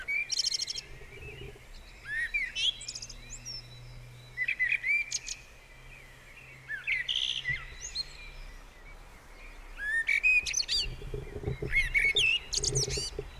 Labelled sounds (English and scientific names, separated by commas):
Common Blackbird (Turdus merula) song